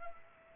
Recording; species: mosquito wingbeat signal from an infrared sensor; Culex pipiens